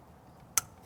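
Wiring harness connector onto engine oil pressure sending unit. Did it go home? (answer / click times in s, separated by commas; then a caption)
yes / 0.6 s. A wiring harness connector is pushed onto a newly installed OEM oil pressure sending unit deep in the engine bay of a 1991–2005 NSX. After a quiet stretch, a single sharp latch click sounds at 0.6 s. The connector is seated and in place.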